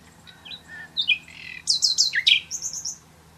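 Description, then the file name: Common nightingale singing a short varied phrase of high chirps, slurred notes and rapid buzzy trills, ending in a quick string of repeated high notes. "Luscinia megarhynchos"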